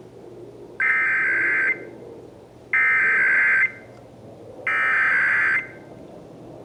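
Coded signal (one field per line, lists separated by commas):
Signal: Emergency Alert System (SAME) tones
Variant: header bursts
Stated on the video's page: Texas Required Monthly Test, March 2024, as carried on multiple radio and TV stations.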